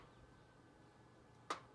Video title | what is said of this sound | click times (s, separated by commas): Storm Door Installation | yeah I heard a little click as if it sort of seated and then | 1.5 s